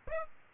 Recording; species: mosquito wingbeat signal from an infrared sensor; Aedes aegypti